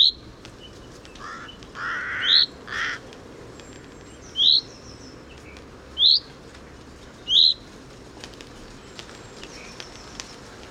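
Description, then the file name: Common chaffinch calls: short, bright, slightly rising notes repeated five times at uneven intervals, with two lower, hoarser sounds near the start and steady background hiss. "Fringilla coelebs"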